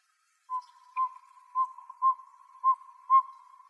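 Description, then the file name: Northern pygmy owl tooting, seven soft whistled notes on one pitch at a steady pace after a short silence. Recorded in Arizona on 28 May 2006. "NOPO 4 B deviche"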